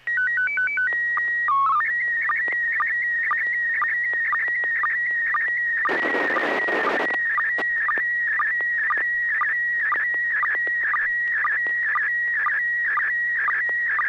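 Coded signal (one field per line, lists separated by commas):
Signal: SSTV (slow-scan television)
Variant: PD 120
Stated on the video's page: SSTV net on the FM repeater on 441.300 MHz in Sacramento; MMSSTV software.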